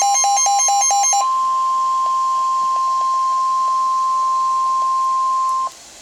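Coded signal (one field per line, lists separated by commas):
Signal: Emergency Alert System (SAME) tones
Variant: 1050 Hz attention tone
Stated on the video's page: Real severe thunderstorm warning received on a WR-120EZ weather radio from the Evansville, Indiana station.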